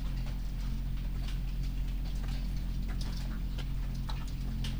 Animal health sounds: poultry house recording; sick chickens (respiratory disease)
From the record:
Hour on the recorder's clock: 23

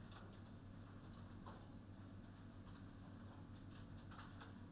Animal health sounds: poultry house recording; no chicken sound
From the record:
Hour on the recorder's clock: 21

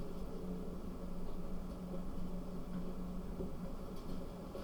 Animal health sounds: poultry house recording; no chicken sound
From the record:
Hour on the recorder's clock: 0

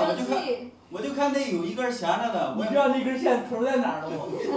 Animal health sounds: poultry house recording; no chicken sound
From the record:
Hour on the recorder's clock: 18

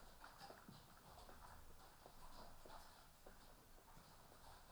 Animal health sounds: poultry house recording; healthy chickens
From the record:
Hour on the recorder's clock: 12

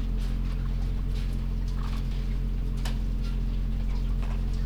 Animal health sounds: poultry house recording; sick chickens (respiratory disease)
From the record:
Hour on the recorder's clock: 20

